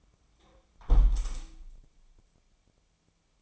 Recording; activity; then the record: daily activity, microphone in the room; close window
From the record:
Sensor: 1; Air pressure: 1000.4 hPa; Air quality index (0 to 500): 181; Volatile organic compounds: 4 ppm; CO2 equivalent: 1660 ppm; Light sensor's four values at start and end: 10/25/10/12 and 10/24/10/11